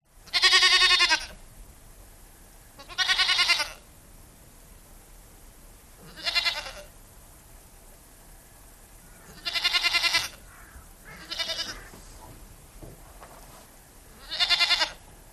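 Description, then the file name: Goat bleating, six short nasal bleats at irregular intervals over a quiet background. "audio hero Goat"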